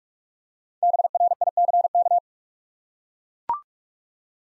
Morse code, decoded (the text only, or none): BRICK